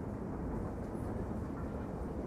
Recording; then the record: background sound without coughing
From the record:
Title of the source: Train Ride Ambience ambient white noise for sleeping, focus, studying, reading